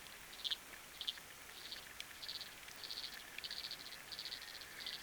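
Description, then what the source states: Frogs give pulsed, buzzy bursts underwater in loose, irregular series, a few clear ones standing out above steady background noise. Frogs recorded underwater with a hydrophone, with rain and wind.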